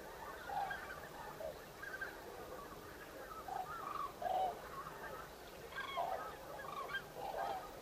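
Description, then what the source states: Common cranes giving scattered trumpeting, rolling calls from a flock, several birds overlapping at irregular intervals over a steady background hiss. Recorded 5 November 2018.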